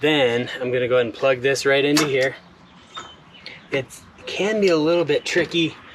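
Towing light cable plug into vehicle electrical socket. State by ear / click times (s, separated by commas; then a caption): not seated / none. Someone talks while handling the RV-to-Jeep light and charge cable plug, greased with dielectric grease, at the Jeep's electrical socket, with a brief sharp sound near 3.5 s during a pause in the talk. The plug has not yet locked into the socket, and nothing has seated or clicked yet.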